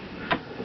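The lid of a small electric kiln is lifted by its handle and held open while its metal support clip locks in place to keep the lid open. A single short, bright tick is heard at 0.3 seconds against a low background hiss. The clip is seated and locked.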